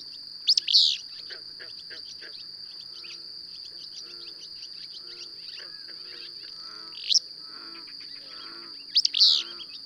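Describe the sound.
Bird chirps, loud swept double notes at the start and end with a single note between, plus faint busy twittering under a steady high tone.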